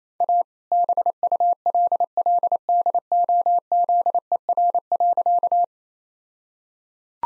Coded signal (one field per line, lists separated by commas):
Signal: Morse code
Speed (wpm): 28 wpm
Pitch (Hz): 700 Hz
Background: none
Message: A BULLDOZER.